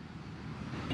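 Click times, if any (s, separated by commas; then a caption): none. A spliced tail-light wire terminal is being pushed into a plastic wiring connector on the rear lighting harness of an F100 truck with a Crown Vic swap. A steady low, broadband rumble holds throughout, swelling slightly near the end. Nothing has seated or clicked yet.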